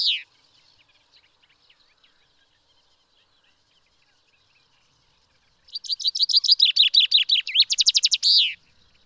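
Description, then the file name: Common chaffinch song: a brief end note, a quiet pause, then a bright cascading phrase of fast falling notes finishing in an emphatic flourish. "Fringilla coelebs"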